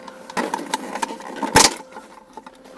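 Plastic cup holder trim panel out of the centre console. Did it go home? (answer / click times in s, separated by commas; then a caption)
released / 1.6 s. On a Land Rover LR3, the plastic cup holder and console trim panel are pried up by hand out of the centre console with even force on both sides, with lighter ticks at 0.5, 0.7 and 1.0 seconds. A loud pop at 1.6 seconds marks the clips releasing, and part of the cup holder comes out.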